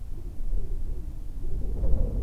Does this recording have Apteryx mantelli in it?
no